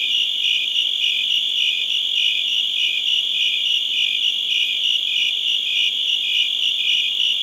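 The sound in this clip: Cricket trilling, a continuous high-pitched pulsing with rhythmic beats throughout and nothing else audible.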